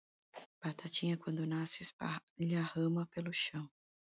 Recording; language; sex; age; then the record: short text; Brazilian Portuguese; female; 40 to 49 years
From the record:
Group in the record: control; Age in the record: 45 years